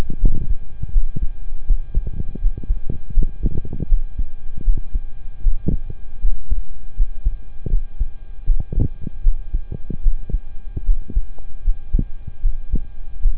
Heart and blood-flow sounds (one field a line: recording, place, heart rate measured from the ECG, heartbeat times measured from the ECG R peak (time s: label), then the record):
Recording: heart sounds by stethoscope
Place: between the tricuspid and mitral areas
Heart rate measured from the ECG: 78 bpm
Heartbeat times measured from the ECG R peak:
0.18 s: heartbeat
0.90 s: heartbeat
1.64 s: heartbeat
2.38 s: heartbeat
3.12 s: heartbeat
3.86 s: heartbeat
4.62 s: heartbeat
5.41 s: heartbeat
6.19 s: heartbeat
6.93 s: heartbeat
7.68 s: heartbeat
8.44 s: heartbeat
9.21 s: heartbeat
10.00 s: heartbeat
10.83 s: heartbeat
11.61 s: heartbeat
12.40 s: heartbeat
13.20 s: heartbeat
From the record:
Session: rest, sitting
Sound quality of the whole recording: occasional burst powerline noise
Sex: male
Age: 23 years